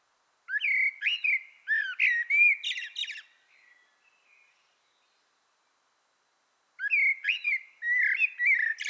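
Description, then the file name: Common blackbird song, two bursts of rich, fluting whistles mixed with high, scratchy twittering, separated by a pause of a few seconds. "Turdus merula"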